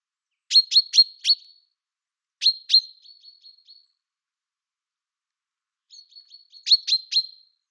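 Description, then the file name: Common chaffinch gives quick bursts of bright, sharp high chirps with softer trailing ticks, three separate runs with pauses between, in silence otherwise. "Fringilla coelebs"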